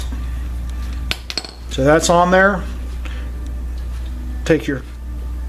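A rubber spark plug wire boot is handled near the spark plug on a 2012 Harley Street Glide during a spark plug change, with a few short, sharp handling ticks around 1.1 to 1.5 s over a steady low hum while someone talks. The boot has not snapped onto the plug terminal yet; nothing has seated.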